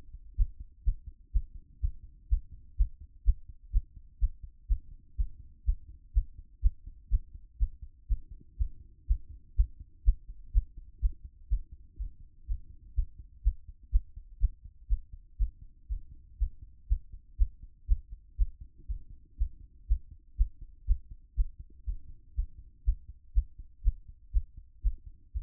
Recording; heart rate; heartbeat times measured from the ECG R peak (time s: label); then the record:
heart sounds by stethoscope; 122 bpm
0.37 s: heartbeat
0.85 s: heartbeat
1.33 s: heartbeat
1.81 s: heartbeat
2.29 s: heartbeat
2.77 s: heartbeat
3.25 s: heartbeat
3.72 s: heartbeat
4.20 s: heartbeat
4.68 s: heartbeat
5.17 s: heartbeat
5.65 s: heartbeat
6.14 s: heartbeat
6.62 s: heartbeat
7.10 s: heartbeat
7.59 s: heartbeat
8.08 s: heartbeat
8.58 s: heartbeat
9.07 s: heartbeat
9.56 s: heartbeat
10.05 s: heartbeat
10.53 s: heartbeat
11.01 s: heartbeat
11.50 s: heartbeat
11.98 s: heartbeat
12.47 s: heartbeat
12.95 s: heartbeat
13.43 s: heartbeat
13.92 s: heartbeat
14.40 s: heartbeat
14.89 s: heartbeat
15.38 s: heartbeat
15.88 s: heartbeat
16.38 s: heartbeat
16.88 s: heartbeat
17.38 s: heartbeat
17.88 s: heartbeat
18.38 s: heartbeat
18.88 s: heartbeat
19.38 s: heartbeat
19.88 s: heartbeat
20.37 s: heartbeat
20.87 s: heartbeat
21.36 s: heartbeat
21.86 s: heartbeat
22.35 s: heartbeat
22.85 s: heartbeat
23.34 s: heartbeat
23.83 s: heartbeat
24.33 s: heartbeat
24.83 s: heartbeat
25.33 s: heartbeat
From the record:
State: after exercise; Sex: female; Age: 50 years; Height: 170 cm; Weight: 70 kg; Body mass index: 24.22